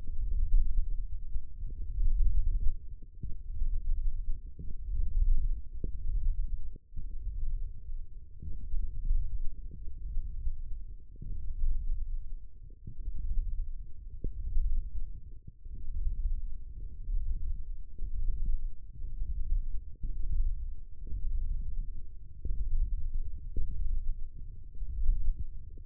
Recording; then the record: forearm muscle sounds (acoustic myography)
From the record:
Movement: hand opening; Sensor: system 1, eight BSWA MPA416 microphones around the upper forearm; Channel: 7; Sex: male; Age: 18 years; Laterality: right